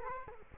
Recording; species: mosquito wingbeat signal from an infrared sensor; Culex quinquefasciatus